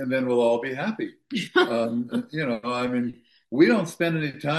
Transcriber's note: laughs